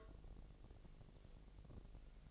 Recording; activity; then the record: daily activity, microphone in the room; take from stove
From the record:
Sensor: 4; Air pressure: 1000.1 hPa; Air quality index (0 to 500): 231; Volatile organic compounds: 31 ppm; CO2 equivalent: 2989 ppm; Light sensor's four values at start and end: 9/20/8/8 and 9/20/8/7